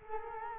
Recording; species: mosquito wingbeat signal from an infrared sensor; Culex quinquefasciatus